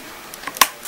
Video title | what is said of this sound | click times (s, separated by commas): Cara merakit komputer | memasangnya yang ujung sini dan ujung sini ditekan Sampai bunyi klik nah | 0.6 s